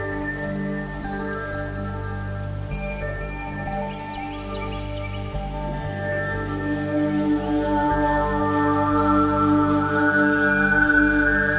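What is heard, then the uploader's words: A Florida nature field recording held on a steady, layered hum of sustained low and mid tones that barely change across the twelve seconds. Faint, quick chirps flicker through around three to five seconds, and a soft high sweep passes near seven seconds, while the level swells slightly toward the end. A psychedelic soundscape with nature field recordings made in Florida.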